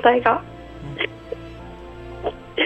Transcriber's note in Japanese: 泣く